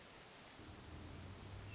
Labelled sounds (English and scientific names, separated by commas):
Hermit Thrush (Catharus guttatus)